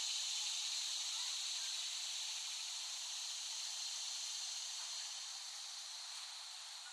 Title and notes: Dronecast No. 021: The Cicadas of Summer. Recording of cicadas made by Dan Bodah in West Brighton, Staten Island, late summer 2008